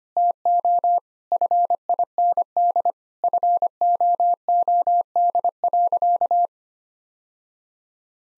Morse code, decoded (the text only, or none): TO FIND FOOD.